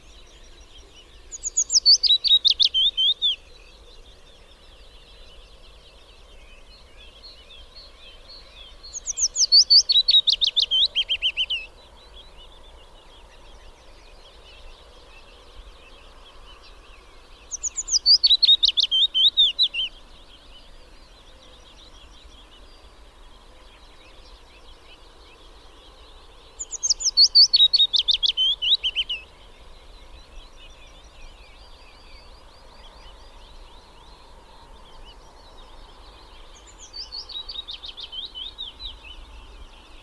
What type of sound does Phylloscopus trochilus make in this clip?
song